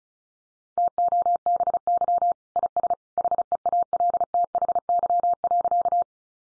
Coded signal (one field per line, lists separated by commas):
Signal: Morse code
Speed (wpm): 34 wpm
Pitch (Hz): 700 Hz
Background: none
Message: TOBY IS HEALTHY.